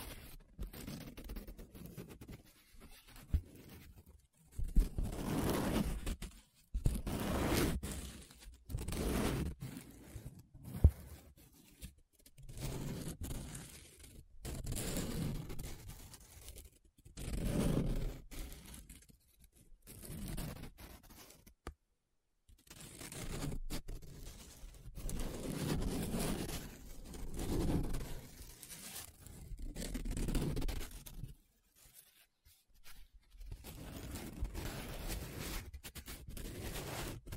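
Paper being traced, scratched and rubbed in repeated strokes, each lasting about a second and separated by short pauses. The rasping swells come every two or three seconds, with a brief silence near 21 seconds and softer, steadier rubbing toward the end.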